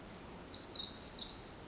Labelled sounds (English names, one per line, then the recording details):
Pacific Wren
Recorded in Sonoma County, California